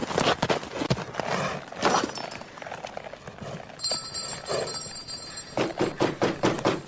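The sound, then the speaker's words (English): Rapid galloping hoofbeats of a horse, Beauty, galloping as fast as it can for 8 miles, pound in quick, uneven clusters, loud at the start and again at the end, with a softer stretch in between where faint high ringing tones linger. “I wanted neither whip nor spur, and for 8 miles I galloped as fast as I could lay my feet to the ground.”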